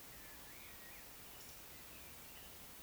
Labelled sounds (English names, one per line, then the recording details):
Eurasian Woodcock whistle
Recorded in Baden-Württemberg, Germany, on 16 June 2020 at 19:33 UTC
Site 45520, 595 m above sea level